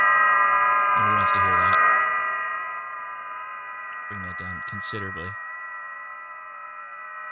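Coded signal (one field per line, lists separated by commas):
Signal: FT8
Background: speech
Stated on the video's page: Amateur HF contacts made live on air using a homemade Christmas-light antenna.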